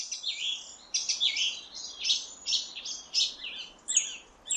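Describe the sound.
Song thrush song: quick high phrases of sharp, slurred whistles and chirps in rapid succession, with short pauses between bursts.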